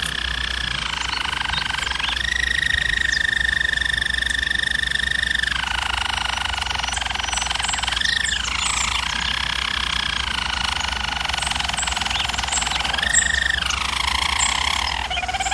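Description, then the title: German Roller canary song of long, smooth rolling tours that step up and down in pitch with brief transitions. Singing; used for canary training. "German Roller Canary Singing - Canary Training Vid"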